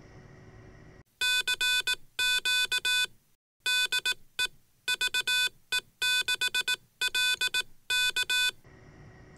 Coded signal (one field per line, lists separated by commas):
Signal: Morse code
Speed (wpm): 18 wpm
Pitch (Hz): 2500 Hz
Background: none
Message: CQ DE VE6LK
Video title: Age Old Questions about CW Frequency